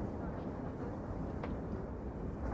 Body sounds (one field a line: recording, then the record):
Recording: background sound without coughing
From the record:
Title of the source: Train Ride Ambience ambient white noise for sleeping, focus, studying, reading